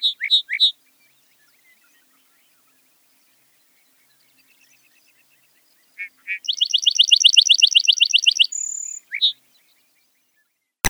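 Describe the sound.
Lark bunting song: three sharp chirps, a pause, then two chirps and a fast buzzy trill of repeated notes for two seconds, ending in a short high whistle and a final chirp.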